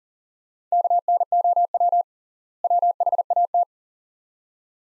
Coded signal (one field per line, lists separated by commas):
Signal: Morse code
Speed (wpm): 40 wpm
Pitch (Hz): 700 Hz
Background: none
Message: KNOW WHAT